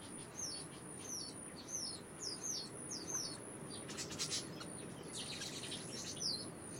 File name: Orange weaver